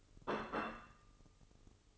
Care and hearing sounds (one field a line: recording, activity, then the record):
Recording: daily activity, microphone in the room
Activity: place plate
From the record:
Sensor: 4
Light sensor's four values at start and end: 15/40/15/16 and 15/41/15/16